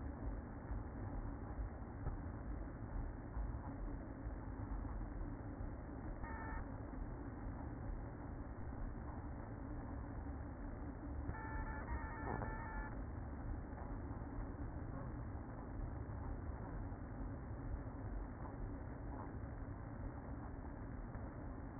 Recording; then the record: honeybee colony, microphone inside the hive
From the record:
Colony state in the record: queen present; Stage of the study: after two queens were removed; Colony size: about 60,000 bees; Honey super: yes